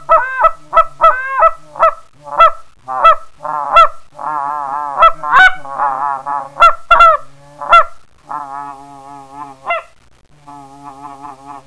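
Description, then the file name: Canada goose honking, many loud nasal honks at an irregular pace, followed by longer drawn-out calls near the end. "Canada Honcker"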